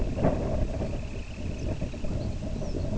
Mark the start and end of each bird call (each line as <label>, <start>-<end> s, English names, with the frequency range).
Semipalmated Sandpiper (1.9-3.5 kHz), 0.00-2.23 s
Snow Bunting (3.4-7.2 kHz), 1.31-2.96 s